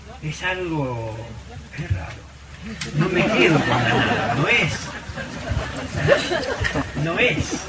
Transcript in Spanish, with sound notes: es algo…, es raro. (RISAS) me quedo en la nada. No es… no es.